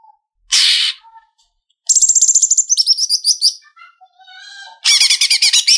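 Leafbird song with a harsh buzzy burst, then a rapid high trilled series, soft low whistles and a final rich chattering phrase.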